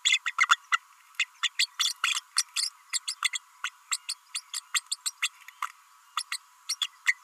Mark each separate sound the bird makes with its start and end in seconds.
0.05-0.19, 0.26-0.32, 0.38-0.48, 0.71-0.79, 1.19-1.27, 1.43-1.49, 1.59-1.66, 1.79-1.93, 2.03-2.21, 2.36-2.43, 2.56-2.69, 2.92-2.99, 3.07-3.14, 3.22-3.30, 3.33-3.38, 3.64-3.69, 3.91-3.98, 4.08-4.14, 4.34-4.41, 4.53-4.61, 4.74-4.82, 4.91-4.96, 5.06-5.12, 5.22-5.29, 5.62-5.66, 6.16-6.22, 6.31-6.37, 6.68-6.75, 6.81-6.87, 7.06-7.15